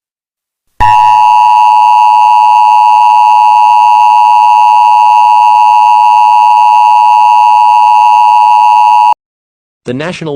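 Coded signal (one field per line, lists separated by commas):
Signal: Emergency Alert System (SAME) tones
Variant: 853 and 960 Hz attention tone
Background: speech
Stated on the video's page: Fake EAS scenario, not a real alert.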